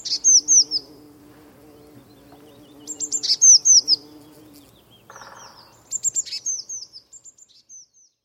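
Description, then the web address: Eurasian blue tit uttering high falling notes in groups, then softer trailing notes. "Deverinetal 2025 File origin Bird Only Cy Ca"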